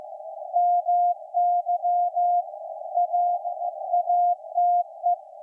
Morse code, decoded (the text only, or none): MY A ATE